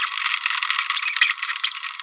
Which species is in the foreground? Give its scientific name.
Forpus passerinus